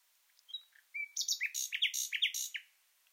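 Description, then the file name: Common nightingale song phrase: soft thin opening notes, a long even whistle, then a loud rattling series of sharp repeated chirps. "Luscinia megarhynchos"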